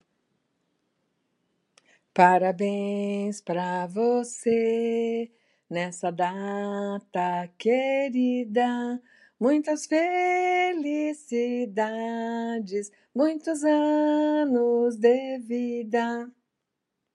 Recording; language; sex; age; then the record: short text; Brazilian Portuguese; female; 60 to 69 years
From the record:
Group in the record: control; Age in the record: 69 years